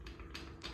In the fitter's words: and then it locks in place.